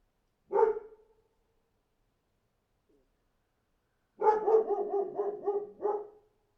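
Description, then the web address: Dog barks: one single bark, a pause of about three seconds, then a rapid run of several barks. "animals dog barking"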